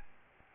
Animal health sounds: mosquito wingbeat signal from an infrared sensor; Aedes albopictus

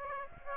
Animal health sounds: mosquito wingbeat signal from an infrared sensor; Aedes aegypti

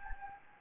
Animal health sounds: mosquito wingbeat signal from an infrared sensor; Anopheles gambiae

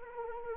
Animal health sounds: mosquito wingbeat signal from an infrared sensor; Anopheles arabiensis

